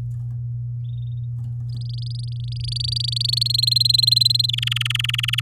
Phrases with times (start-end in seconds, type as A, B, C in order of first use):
1.69-3.48 A, 3.50-4.46 B, 4.49-5.40 C